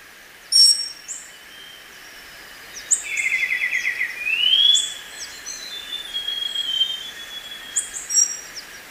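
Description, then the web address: Black-winged Saltator: songbird delivering a rapid trill that flows into a rising whistle, with other birds chipping and calling high in the background. Ecuador. "Natures Songs S America Birds of Ecuador, Black-winged Saltator"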